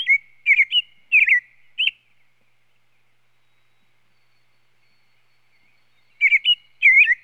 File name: Sound Effects Library - American Robin